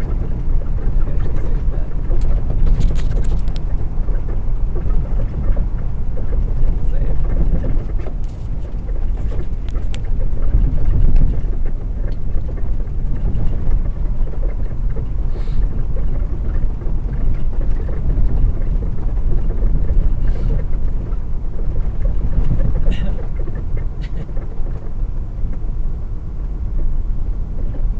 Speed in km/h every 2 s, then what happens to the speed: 39, 39, 39, 37, 34, 32, 31, 31, 32, 32, 31, 31, 31, 31.
0-12 slows to 31. 12-28 steady at about 31.